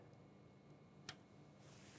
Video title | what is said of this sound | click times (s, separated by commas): New and improved Thermo Scientific TSX series ultra low freezers | and I'm going to plug in until we hear it snap | 1.1 s